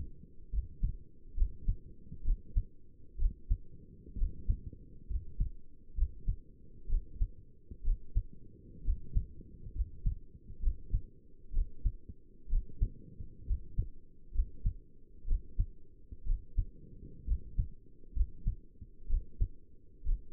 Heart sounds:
heart sounds by stethoscope; 64 bpm
0.53 s: heartbeat
1.37 s: heartbeat
2.25 s: heartbeat
3.20 s: heartbeat
4.18 s: heartbeat
5.10 s: heartbeat
5.97 s: heartbeat
6.90 s: heartbeat
7.85 s: heartbeat
8.85 s: heartbeat
9.75 s: heartbeat
10.63 s: heartbeat
11.54 s: heartbeat
12.50 s: heartbeat
13.47 s: heartbeat
14.35 s: heartbeat
15.28 s: heartbeat
16.27 s: heartbeat
17.27 s: heartbeat
18.16 s: heartbeat
19.10 s: heartbeat
20.06 s: heartbeat
From the record:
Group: healthy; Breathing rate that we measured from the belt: 15 breaths a minute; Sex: male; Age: 22 years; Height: 181 cm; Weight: 79 kg

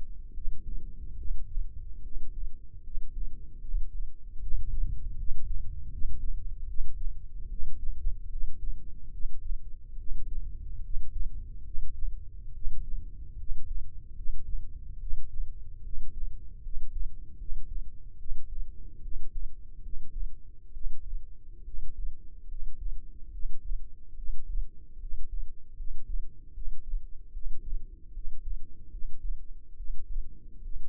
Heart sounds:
heart sounds by microphone in the left ear; 73 bpm
0.33 s: heartbeat
1.17 s: heartbeat
2.02 s: heartbeat
2.83 s: heartbeat
3.60 s: heartbeat
4.39 s: heartbeat
5.16 s: heartbeat
5.90 s: heartbeat
6.66 s: heartbeat
7.49 s: heartbeat
8.29 s: heartbeat
9.11 s: heartbeat
9.97 s: heartbeat
10.82 s: heartbeat
11.63 s: heartbeat
12.53 s: heartbeat
13.37 s: heartbeat
14.14 s: heartbeat
14.99 s: heartbeat
15.83 s: heartbeat
16.62 s: heartbeat
17.37 s: heartbeat
18.17 s: heartbeat
19.01 s: heartbeat
19.82 s: heartbeat
20.72 s: heartbeat
21.64 s: heartbeat
22.47 s: heartbeat
23.30 s: heartbeat
24.15 s: heartbeat
24.99 s: heartbeat
25.75 s: heartbeat
26.53 s: heartbeat
27.32 s: heartbeat
28.12 s: heartbeat
28.90 s: heartbeat
29.75 s: heartbeat
30.61 s: heartbeat
From the record:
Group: healthy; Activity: rest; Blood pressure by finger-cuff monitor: 112/81 mmHg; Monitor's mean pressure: 89 mmHg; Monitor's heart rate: 74 bpm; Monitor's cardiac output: 5.4 L/min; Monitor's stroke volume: 73 mL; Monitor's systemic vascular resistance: 1230 dyn s/cm5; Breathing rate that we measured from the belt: 21 breaths a minute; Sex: male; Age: 21 years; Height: 170 cm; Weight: 71 kg

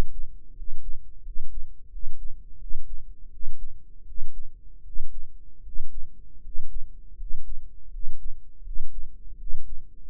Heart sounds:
heart sounds by microphone in the right ear; 81 bpm
0.52 s: heartbeat
1.21 s: heartbeat
1.88 s: heartbeat
2.57 s: heartbeat
3.29 s: heartbeat
4.04 s: heartbeat
4.82 s: heartbeat
5.61 s: heartbeat
6.40 s: heartbeat
7.15 s: heartbeat
7.89 s: heartbeat
8.62 s: heartbeat
9.36 s: heartbeat
From the record:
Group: healthy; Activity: cold pressor test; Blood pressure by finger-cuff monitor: 101/72 mmHg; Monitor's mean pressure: 79 mmHg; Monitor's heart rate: 81 bpm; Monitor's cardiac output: 6.9 L/min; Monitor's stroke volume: 84 mL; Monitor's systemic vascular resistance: 830 dyn s/cm5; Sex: male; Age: 23 years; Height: 178 cm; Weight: 96.6 kg

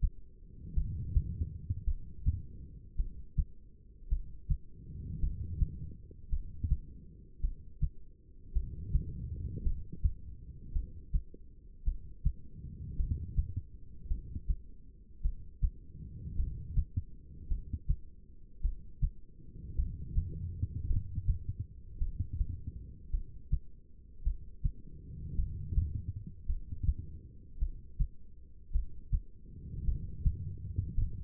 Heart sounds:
heart sounds by stethoscope; 54 bpm
0.73 s: heartbeat
1.84 s: heartbeat
2.96 s: heartbeat
4.08 s: heartbeat
5.19 s: heartbeat
6.29 s: heartbeat
7.40 s: heartbeat
8.52 s: heartbeat
9.63 s: heartbeat
10.72 s: heartbeat
11.84 s: heartbeat
12.96 s: heartbeat
14.07 s: heartbeat
15.21 s: heartbeat
16.36 s: heartbeat
17.47 s: heartbeat
18.61 s: heartbeat
19.75 s: heartbeat
20.87 s: heartbeat
21.98 s: heartbeat
23.10 s: heartbeat
24.23 s: heartbeat
25.35 s: heartbeat
26.46 s: heartbeat
27.58 s: heartbeat
28.71 s: heartbeat
29.84 s: heartbeat
30.95 s: heartbeat
From the record:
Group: heart failure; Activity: rest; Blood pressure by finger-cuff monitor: 87/66 mmHg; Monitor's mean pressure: 73 mmHg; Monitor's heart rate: 54 bpm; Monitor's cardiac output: 2.5 L/min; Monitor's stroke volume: 47 mL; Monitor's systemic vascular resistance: 2080 dyn s/cm5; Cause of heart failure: non-ischemic cardiomyopathy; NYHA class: 1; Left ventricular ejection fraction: 52%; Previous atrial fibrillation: present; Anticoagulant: apixaban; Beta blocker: bisoprolol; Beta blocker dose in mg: 10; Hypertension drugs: sacubitril-valsartan, spironolactone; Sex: female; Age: 68 years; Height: 169 cm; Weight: 71 kg

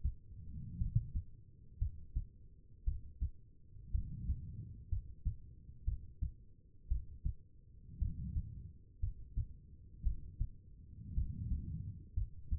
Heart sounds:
heart sounds by stethoscope; 58 bpm
0.78 s: heartbeat
1.78 s: heartbeat
2.84 s: heartbeat
3.91 s: heartbeat
4.89 s: heartbeat
5.85 s: heartbeat
6.88 s: heartbeat
7.99 s: heartbeat
9.00 s: heartbeat
10.03 s: heartbeat
11.14 s: heartbeat
12.14 s: heartbeat
From the record:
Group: healthy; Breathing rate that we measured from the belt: 16 breaths a minute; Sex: female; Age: 36 years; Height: 163 cm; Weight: 88 kg

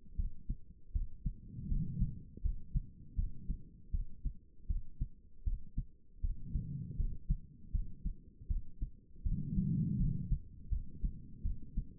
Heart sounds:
heart sounds by stethoscope; 80 bpm
0.16 s: heartbeat
0.93 s: heartbeat
1.68 s: heartbeat
2.42 s: heartbeat
3.16 s: heartbeat
3.91 s: heartbeat
4.67 s: heartbeat
5.44 s: heartbeat
6.21 s: heartbeat
6.97 s: heartbeat
7.72 s: heartbeat
8.48 s: heartbeat
9.23 s: heartbeat
9.98 s: heartbeat
10.70 s: heartbeat
11.43 s: heartbeat
From the record:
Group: healthy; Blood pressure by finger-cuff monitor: 103/71 mmHg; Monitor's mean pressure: 85 mmHg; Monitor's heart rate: 79 bpm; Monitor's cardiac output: 4.8 L/min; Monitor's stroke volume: 60 mL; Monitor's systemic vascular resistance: 1280 dyn s/cm5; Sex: female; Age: 51 years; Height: 162 cm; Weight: 70.04 kg

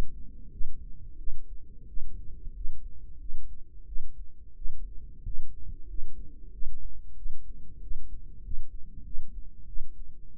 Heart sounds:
heart sounds by microphone in the right ear; 92 bpm
0.51 s: heartbeat
1.17 s: heartbeat
1.87 s: heartbeat
2.54 s: heartbeat
3.19 s: heartbeat
3.86 s: heartbeat
4.55 s: heartbeat
5.23 s: heartbeat
5.87 s: heartbeat
6.52 s: heartbeat
7.15 s: heartbeat
7.80 s: heartbeat
8.42 s: heartbeat
9.04 s: heartbeat
9.66 s: heartbeat
10.32 s: heartbeat
From the record:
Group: healthy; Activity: rest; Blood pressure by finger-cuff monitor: 98/56 mmHg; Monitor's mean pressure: 69 mmHg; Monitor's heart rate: 91 bpm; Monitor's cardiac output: 8 L/min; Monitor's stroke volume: 88 mL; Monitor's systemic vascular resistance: 620 dyn s/cm5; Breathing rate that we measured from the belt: 21 breaths a minute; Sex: female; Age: 22 years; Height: 163 cm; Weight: 67.1 kg

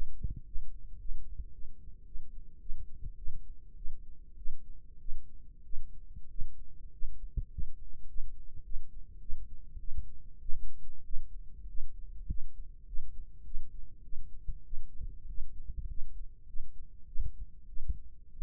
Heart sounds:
heart sounds by microphone in the left ear; 101 bpm
0.47 s: heartbeat
1.01 s: heartbeat
1.54 s: heartbeat
2.07 s: heartbeat
2.62 s: heartbeat
3.18 s: heartbeat
3.78 s: heartbeat
4.38 s: heartbeat
5.01 s: heartbeat
5.65 s: heartbeat
6.31 s: heartbeat
6.93 s: heartbeat
7.52 s: heartbeat
8.09 s: heartbeat
8.65 s: heartbeat
9.22 s: heartbeat
9.80 s: heartbeat
10.41 s: heartbeat
11.05 s: heartbeat
11.69 s: heartbeat
12.29 s: heartbeat
12.88 s: heartbeat
13.46 s: heartbeat
14.04 s: heartbeat
14.66 s: heartbeat
15.29 s: heartbeat
15.90 s: heartbeat
16.48 s: heartbeat
17.08 s: heartbeat
17.69 s: heartbeat
18.33 s: heartbeat
From the record:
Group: healthy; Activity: rest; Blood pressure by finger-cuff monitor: 123/73 mmHg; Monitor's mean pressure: 88 mmHg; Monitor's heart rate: 102 bpm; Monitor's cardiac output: 7.6 L/min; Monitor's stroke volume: 76 mL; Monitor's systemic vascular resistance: 850 dyn s/cm5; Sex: female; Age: 37 years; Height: 168 cm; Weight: 70 kg

